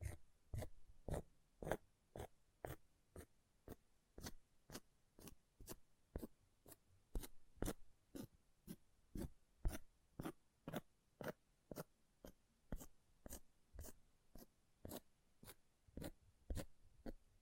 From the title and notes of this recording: ASMR Brain Melting Object Scratching (No Talking).